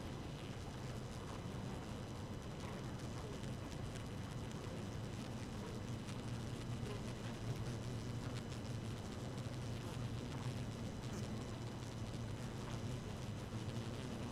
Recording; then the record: honeybee colony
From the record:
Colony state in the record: active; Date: 12 June 2018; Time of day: 4:12